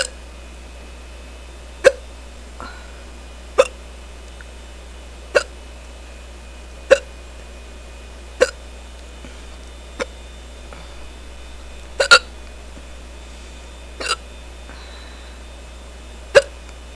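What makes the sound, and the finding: Adult. Hiccups.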